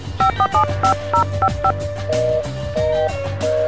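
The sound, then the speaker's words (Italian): A rapid run of mobile phone keypad tones as a top-up code is keyed in: about eight short dual-pitched beeps in quick succession, followed by a few longer, steady electronic tones at a slightly lower pitch. “Arrivo, digito il codice, ricarica effettuata.”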